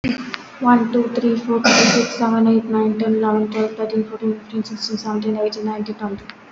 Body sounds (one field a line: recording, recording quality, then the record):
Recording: counting at a fast pace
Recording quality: excellent, no background noise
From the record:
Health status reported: healthy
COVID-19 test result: negative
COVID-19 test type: RT-PCR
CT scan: not taken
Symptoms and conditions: none ticked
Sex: female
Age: 23 years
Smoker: no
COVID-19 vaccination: one dose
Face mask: worn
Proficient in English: yes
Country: India